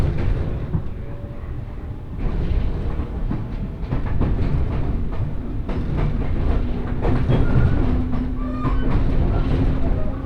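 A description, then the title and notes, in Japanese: A local train on the Senseki Line rumbles along between Matsushima-Kaigan and Ishinomaki, its low running noise steady and dense throughout. Rhythmic clicks and rattles from the wheels come through, and around seven to nine seconds a faint whine rises over the rumble. 仙石線 普通 松島海岸→石巻。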